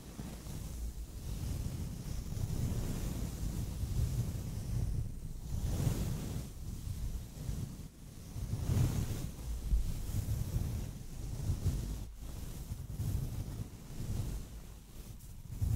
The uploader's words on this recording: ASMR soft Mic Brushing. Trying new brushes.